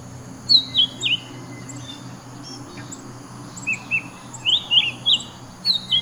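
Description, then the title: Bird giving short slurred whistles in small groups, pausing, then a busier run of chirps, with a thin constant tone behind. "SuaraBurung Kicau"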